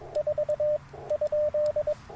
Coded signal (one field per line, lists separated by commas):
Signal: Morse code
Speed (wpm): 22 wpm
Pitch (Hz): 610 Hz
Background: radio noise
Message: 4 ?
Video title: Morning Morse Code at Tuskegee National Forest K-4451 - 11/17/23